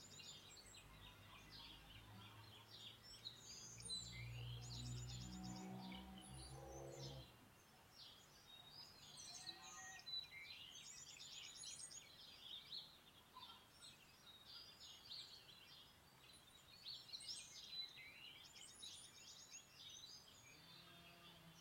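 Many birds chirp and trill busily in bright, overlapping calls, while a low humming engine-like rumble fills the first seven seconds, then fades.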